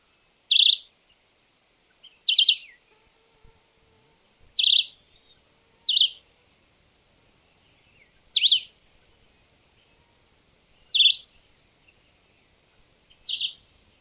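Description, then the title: Red-eyed vireo giving short, high, clipped phrases, seven in all, repeated about every two seconds against near silence with faint low rustles. Subspecies given as Vireo olivaceus chivi, marked as awaiting confirmation. "LuckyPassaro Completos2Sama. Red-eyed Vireo (Vireo olivaceus chivi (confirmar))"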